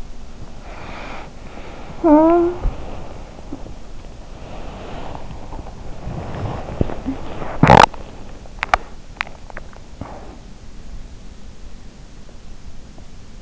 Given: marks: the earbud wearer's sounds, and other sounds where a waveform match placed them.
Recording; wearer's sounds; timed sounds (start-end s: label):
sounds in sleep by an in-ear microphone; body movement, swallowing, teeth grinding
0.00-13.42 s: body movement
2.81-6.67 s: swallowing
6.67-10.53 s: teeth grinding